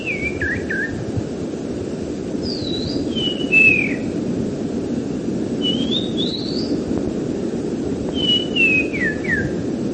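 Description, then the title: Bird song: phrases of sliding whistles, mostly descending, recurring every few seconds, over a constant low rumble. "burung online"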